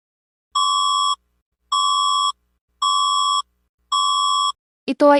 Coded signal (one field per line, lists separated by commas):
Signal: none